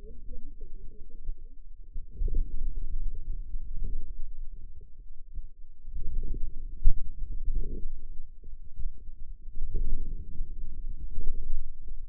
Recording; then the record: forearm muscle sounds (acoustic myography)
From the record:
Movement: outward rotation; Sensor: system 2, bracelet of six BSWA MPA416 microphones around the upper forearm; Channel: 6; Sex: female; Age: 21 years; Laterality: right